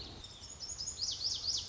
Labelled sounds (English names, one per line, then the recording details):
Lazuli Bunting
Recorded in Sonoma County, California